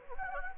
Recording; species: mosquito wingbeat signal from an infrared sensor; Anopheles gambiae